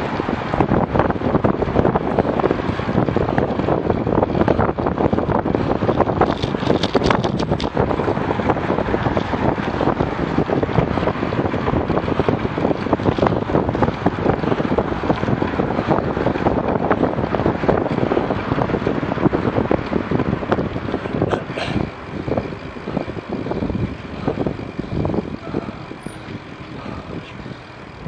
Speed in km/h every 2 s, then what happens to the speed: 24, 24, 24, 23, 24, 23, 25, 24, 23, 22, 19, 17, 14, 13.
0-13 steady at about 24. 13-28 slows to 13.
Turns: none.